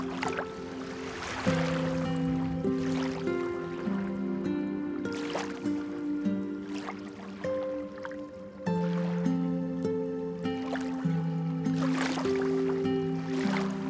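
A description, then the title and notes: Gentle music of slow, held low and middle notes that shift every second or so plays steadily throughout. Light splashes break in every couple of seconds, brief bright sprays of water, with a soft watery trickle underneath. Light Splashing and Gentle Music.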